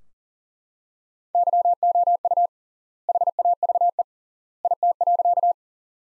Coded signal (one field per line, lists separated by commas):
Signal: Morse code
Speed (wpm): 40 wpm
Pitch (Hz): 700 Hz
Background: none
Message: YOU HAVE IT.